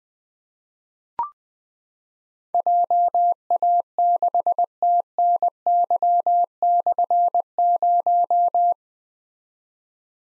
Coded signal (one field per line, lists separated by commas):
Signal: Morse code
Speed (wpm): 20 wpm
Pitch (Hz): 700 Hz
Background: none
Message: JA6TNY/0